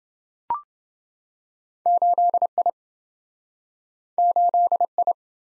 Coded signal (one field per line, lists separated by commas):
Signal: Morse code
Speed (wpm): 27 wpm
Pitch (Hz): 700 Hz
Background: none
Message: 8I 8I